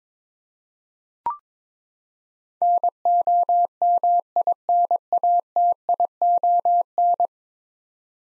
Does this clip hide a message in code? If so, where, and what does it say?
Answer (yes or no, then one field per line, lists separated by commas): yes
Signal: Morse code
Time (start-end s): 2.6-7.3 s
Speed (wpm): 22 wpm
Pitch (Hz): 700 Hz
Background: none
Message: NOMINATION